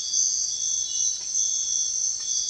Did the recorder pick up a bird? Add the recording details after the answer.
no. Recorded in secondary vegetation near Puerto Asís, Putumayo, Colombia, on 28 February 2025 at 05:00. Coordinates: 0.498, -76.327. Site G001